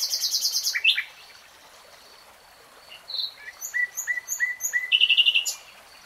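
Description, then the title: Nightingale song: a fast rattling trill of repeated high notes, then a pause, then varied clicks, whistles and rapid chattering phrases. Nightingale singing in real time. "[Tiếng chim hót] 3 Hours REALTIME Nightingale Singing"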